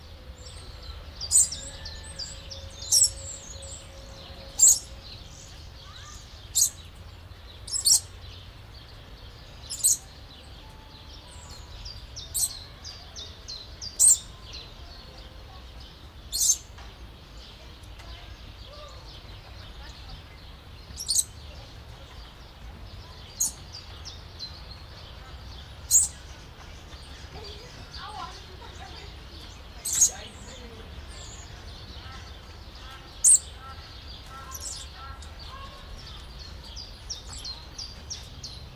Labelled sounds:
Papuan Lorikeet (Charmosyna papou) call
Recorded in captivity
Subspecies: stellae
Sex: pair
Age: adult
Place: Zoo Halle, Sachsen-Anhalt, DE
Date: 1998-04-16 16:03
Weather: bedeckt, ca. 12°C
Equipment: Sony MD-WM MZ-R3, Sennheiser MKH 416 T, Kopie Uher 4000 Report Monitor
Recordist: Tembrock, Günter

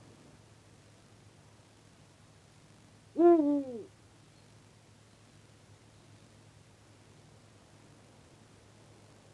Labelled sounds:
Eurasian Eagle-owl (Bubo bubo)
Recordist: Tembrock, Günter

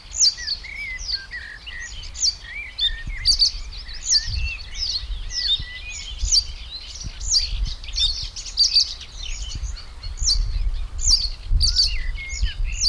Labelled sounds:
Reed Bunting (Emberiza schoeniclus)
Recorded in the wild
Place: Karower Teiche, Naturpark Barnim, Berlin, DE
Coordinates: 52.62, 13.46
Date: 1996-05-19 13:20
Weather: heiter, 24°C
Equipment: Sony MD-WM MZ-R3, Sennheiser MKH 416 T, Kopie Uher 4000 Report Monitor
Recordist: Tembrock, Günter

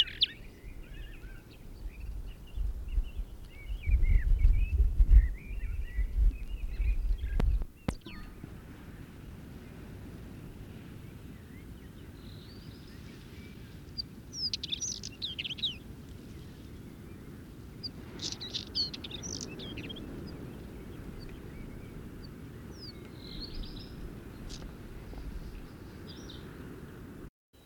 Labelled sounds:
Northern Wheatear (Oenanthe oenanthe) song
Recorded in the wild
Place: Lakatnik, Sofia, BG
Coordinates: 43.053, 23.409
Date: 1974-05-19
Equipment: Nagra III BH, Sennheiser MD 21, parabola
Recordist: Schubert, Michael
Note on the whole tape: Gesang Steinschmätzer (Wind!)

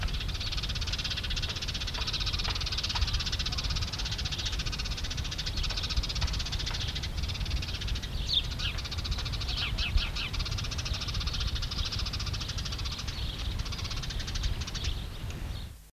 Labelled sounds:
Eurasian Tree Sparrow (Passer montanus) call
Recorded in the wild
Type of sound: call
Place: Solling, Steinborn, Niedersachsen, DE
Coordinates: 51.7228, 9.62217
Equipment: Halbspur, 9,5 cm/s
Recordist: Lütgens, Hans
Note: Warnen am Nest

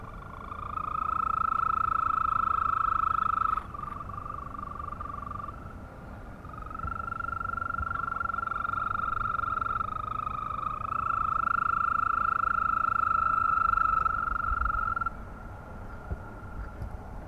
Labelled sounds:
Green Toad (Bufo viridis) call
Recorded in the wild
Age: adult
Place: Malchower Aue, Berlin, DE
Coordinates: 52.5817, 13.4869
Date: 1990-05-20 21:45
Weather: Temperatur: Luft - 14,5°C, Wasser - 20,5°C
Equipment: Uher 4400 Report Monitor, Sennheiser MKH 416 T
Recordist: Frommolt, Karl-Heinz

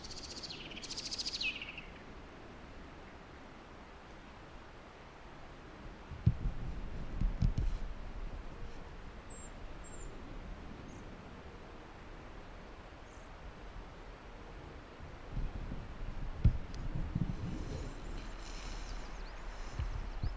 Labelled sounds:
Short-toed Treecreeper (Certhia brachydactyla) call
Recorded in the wild
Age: adult
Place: Frauenstein, Erzgebirge, Sachsen, DE
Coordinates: 50.7944, 13.5292
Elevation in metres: 640
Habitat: wood
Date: 2008-03-26 17:17
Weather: fair, 0°C, no wind
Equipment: Sound Devices 702, Sennheiser MKH 70, Windkorb
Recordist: Frommolt, Karl-Heinz
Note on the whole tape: Südlich von Frauenstein: Rufe eines Baumläufers, der Stamm nach oben klettert. Entfernung 14 bis 18 m. Tier gesehen, jedoch keine sichere Artbestimmung

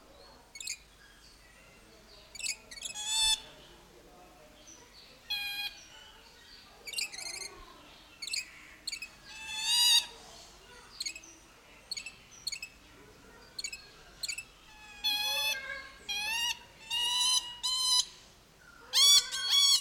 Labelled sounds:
Coconut Lorikeet (Trichoglossus haematodus)
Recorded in captivity
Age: adult
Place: Zoo Berlin, Berlin, DE
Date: 1992-06-20 11:52
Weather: wolkig-heiter, 20-24°C
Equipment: Marantz CP 430, Sennheiser ME 80, Kopie Tesla B 116
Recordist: Tembrock, Günter

